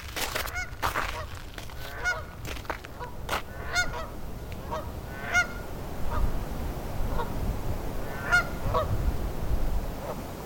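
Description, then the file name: Canada goose honking, several harmonic honks scattered throughout among sharp clicks and crackling thuds, with low rumbling background noise. "Tamarac Whispers Canada Goose"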